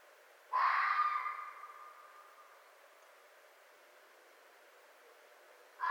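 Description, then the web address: Red fox giving a single hoarse, wailing call that trails away slowly, followed by near silence and the start of another call at the end. Recorded on 4 May 2011. "Red Fox 2011 05 04 Red Fox short"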